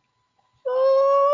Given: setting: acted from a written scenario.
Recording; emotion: vocal sound without words; triumph